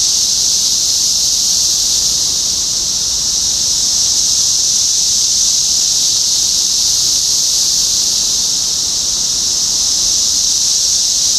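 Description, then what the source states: Cicadas giving a loud, steady high-pitched whirring chorus that stays even throughout, with no other clear sounds. Several cicadas recorded in Topeka, Kansas, on 14 June 2015.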